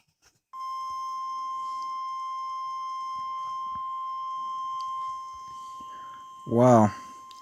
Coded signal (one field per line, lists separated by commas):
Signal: Emergency Alert System (SAME) tones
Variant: 1050 Hz attention tone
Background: speech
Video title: EAS 51 - Severe Thunderstorm Warning Covington MS